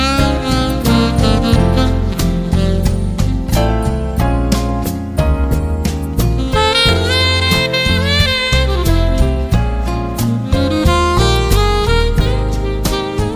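Smooth jazz plays at a steady, even loudness, with a regular drum beat, a deep walking bass, and a gliding melody line above.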